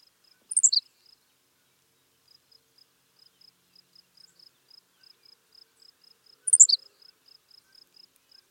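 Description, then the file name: Henslow's sparrow singing a brief, thin, falling hiccup twice, about six seconds apart, with a soft pulsing insect trill. "Ammodramus henslowii - Henslow's Sparrow"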